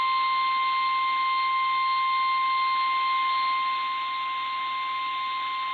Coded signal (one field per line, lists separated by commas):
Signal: Emergency Alert System (SAME) tones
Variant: 1050 Hz attention tone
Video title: WCOS uses NWSCAP?! | EAS #1-13 (1/4-5/2023)